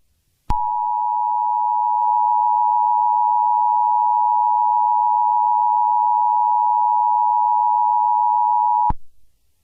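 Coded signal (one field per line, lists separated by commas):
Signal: Emergency Alert System (SAME) tones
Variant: 853 and 960 Hz attention tone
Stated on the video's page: Mock EAS tropical storm watch made for a game server.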